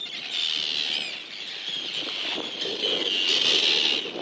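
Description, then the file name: Tern rasping alarm calls, continuous harsh churring screeches, louder toward the end, over steady wind noise. Terns attacking, recorded at Seyðisfjörður, Iceland. "Iceland - Tern Attack - Seydisfjiordour"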